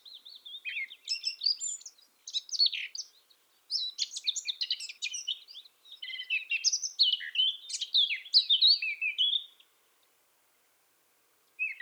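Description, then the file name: Eurasian blackcap singing a long, rich warble of fast varied high notes for about ten seconds, broken by brief gaps, ending with a short final phrase. "Sylvia atricapilla"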